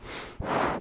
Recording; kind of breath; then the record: one breath in and out by a microphone near the nose and mouth; strong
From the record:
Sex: male